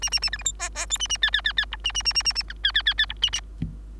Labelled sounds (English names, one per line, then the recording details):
Bengalese Finch song
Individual Bird3